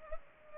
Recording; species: mosquito wingbeat signal from an infrared sensor; Culex pipiens